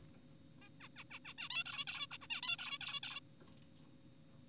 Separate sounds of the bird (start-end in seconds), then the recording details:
0.62-0.69, 0.81-0.88, 0.96-1.04, 1.11-1.19, 1.25-1.34, 1.38-1.48, 1.50-1.64, 1.66-1.85, 1.87-2.07, 2.11-2.18, 2.22-2.27, 2.30-2.41, 2.43-2.57, 2.59-2.78, 2.81-3.00, 3.03-3.20. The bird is an adult. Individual g4p5U